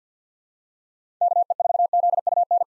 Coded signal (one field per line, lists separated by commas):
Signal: Morse code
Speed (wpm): 50 wpm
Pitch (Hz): 700 Hz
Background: none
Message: KE4ZUN